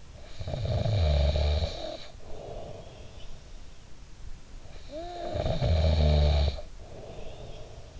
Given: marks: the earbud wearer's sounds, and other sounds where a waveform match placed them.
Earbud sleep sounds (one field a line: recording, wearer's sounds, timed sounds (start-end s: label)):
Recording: sounds in sleep by an in-ear microphone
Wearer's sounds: snoring breath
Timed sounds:
0.07-3.27 s: snoring breath
4.59-8.00 s: snoring breath